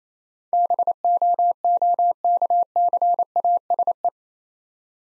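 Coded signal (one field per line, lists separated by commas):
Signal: Morse code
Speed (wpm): 30 wpm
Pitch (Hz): 700 Hz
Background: none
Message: BOOKCASE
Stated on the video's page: Morse practice set of easy words at 28 wpm, speed-racing with contextual hints.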